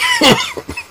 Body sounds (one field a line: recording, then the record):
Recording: coughing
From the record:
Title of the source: Dry Afternoon Cough